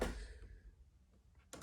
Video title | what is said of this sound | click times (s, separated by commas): Dragon Ball Z Sh Figuarts - Unboxing Frieza First Form | See, when you hear snaps like that, it kind of worries me. | 1.5 s